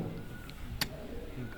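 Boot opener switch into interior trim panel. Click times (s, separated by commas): 0.8 s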